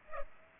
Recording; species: mosquito wingbeat signal from an infrared sensor; Culex pipiens